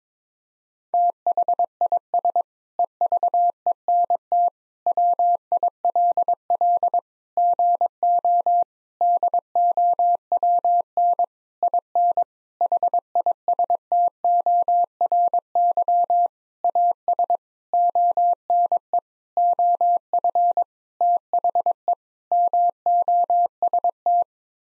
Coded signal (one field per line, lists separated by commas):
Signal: Morse code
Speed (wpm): 22 wpm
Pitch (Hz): 700 Hz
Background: none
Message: THIS EVENT WILL GO DOWN IN HISTORY AS ONE OF THE MOST